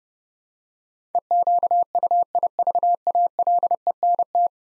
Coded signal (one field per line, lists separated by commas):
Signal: Morse code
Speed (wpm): 30 wpm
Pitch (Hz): 700 Hz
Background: none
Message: EQUIVALENT